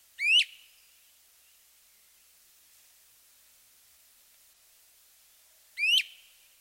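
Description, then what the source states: Great Crested Flycatcher: a clear upslurred weep whistle, then silence, then a second identical rising weep nearly six seconds later. Ascending weep, a repeated call.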